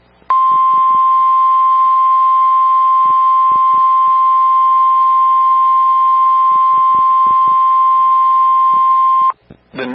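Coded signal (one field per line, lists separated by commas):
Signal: Emergency Alert System (SAME) tones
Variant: 1050 Hz attention tone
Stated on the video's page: Tornado Warning EAS alert; the tones are described as valid and able to trigger the alert system.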